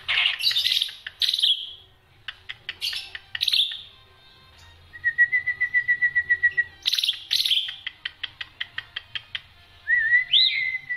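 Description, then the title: Black-winged myna song, harsh squawks and rasping notes, then a rapid repeated whistled trill, more squawks and a rising whistle. Dense, non-stop song with many variations, used as a tutor recording for training songbirds. "Kicauan Rapat Jalak Putih Gacor Banyak Variasi Untuk Masteran"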